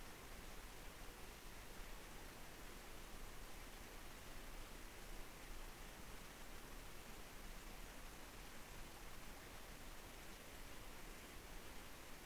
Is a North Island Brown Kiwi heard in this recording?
no